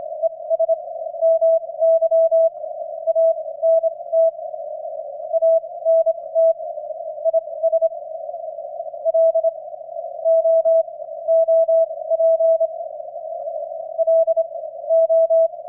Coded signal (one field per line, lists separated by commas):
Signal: Morse code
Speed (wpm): 27 wpm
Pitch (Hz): 660 Hz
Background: none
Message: ES MY ANTANTI SLOOPLO